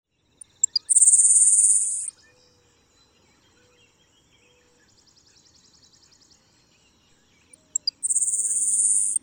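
Grasshopper sparrow song: two or three sharp ticks, then a thin, very high insect-like buzz lasting about a second, given twice roughly seven seconds apart.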